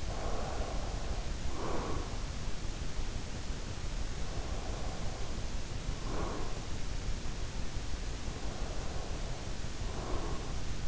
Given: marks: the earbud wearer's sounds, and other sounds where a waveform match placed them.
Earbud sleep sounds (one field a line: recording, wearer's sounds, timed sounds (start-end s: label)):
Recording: sounds in sleep by an in-ear microphone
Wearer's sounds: breath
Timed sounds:
0.00-2.38 s: breath
4.20-6.72 s: breath
8.33-10.88 s: breath